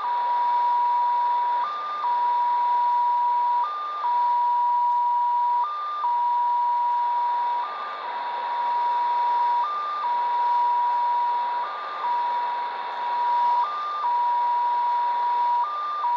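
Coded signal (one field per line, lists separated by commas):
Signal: numbers station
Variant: XPA2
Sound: steady whistle tone with a short higher-pitched step about every two seconds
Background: radio static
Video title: Degen DE-1103 - XPA2 18/12/2022 1130 UTC 17451kHz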